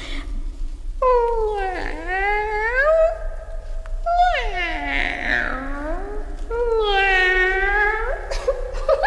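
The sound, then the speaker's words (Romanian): A cat lets out three long, loud yowling meows, each one wavering and sliding up and down in pitch, with brief pauses between the drawn-out caterwauls and no talking. “Îndată o să dea ochii drăgărașii de ei cu signora pisica.”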